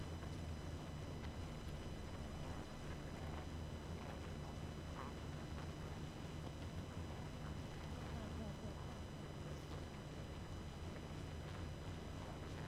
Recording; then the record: honeybee colony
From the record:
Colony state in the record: active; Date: 12 June 2018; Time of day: 22:20